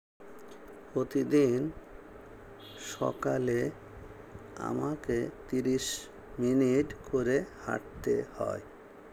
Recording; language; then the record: elicited speech; Bengali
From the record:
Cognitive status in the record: dementia